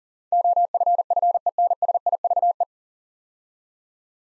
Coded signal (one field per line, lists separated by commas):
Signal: Morse code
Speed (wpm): 40 wpm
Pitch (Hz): 700 Hz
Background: none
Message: OFFENSIVE